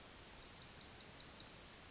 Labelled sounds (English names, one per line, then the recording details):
Yellowhammer song
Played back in forest
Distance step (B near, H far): E
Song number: 102